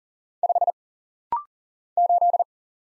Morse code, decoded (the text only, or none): 5 8